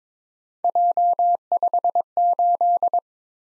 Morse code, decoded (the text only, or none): J58